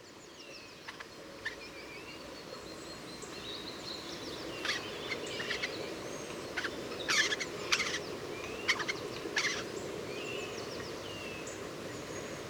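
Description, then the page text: Eurasian jay song: quiet whistled notes mixed with irregular dry clicks and crackling rattles, clustered in the second half, against a constant low hiss. Two birds singing, near Leipzig, Germany, March 2009. "March 2009 Two singing Eurasian Jays Garrulus glandarius, recorded in the vicinity. Eurasian Jay Garrulus glandarius, Leipzig, Germany"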